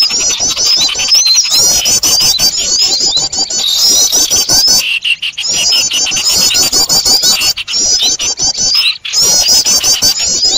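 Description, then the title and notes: Birds in a busy, shrill mass of rapid twittering notes, with a few short sudden breaks in the sound. Noisy bird sounds used for luring birds. "Burung Ribut Pikat"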